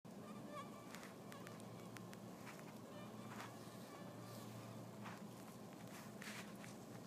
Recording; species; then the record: mosquito flight sound by mobile phone; Anopheles gambiae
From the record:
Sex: female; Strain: Kisumu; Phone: iPhone 4S